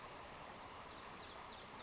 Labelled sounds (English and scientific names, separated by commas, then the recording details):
Western Flycatcher (Empidonax difficilis)
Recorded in Sonoma County, California